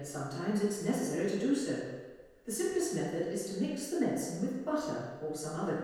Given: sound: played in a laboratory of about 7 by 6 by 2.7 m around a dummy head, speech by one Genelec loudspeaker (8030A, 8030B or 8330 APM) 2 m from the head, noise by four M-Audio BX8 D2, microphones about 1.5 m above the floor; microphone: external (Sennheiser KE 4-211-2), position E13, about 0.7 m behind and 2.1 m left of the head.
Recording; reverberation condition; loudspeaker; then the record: female speech in English; high; 90 degrees to the right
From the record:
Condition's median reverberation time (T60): about 1300 ms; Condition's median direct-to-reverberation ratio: about -4.0 dB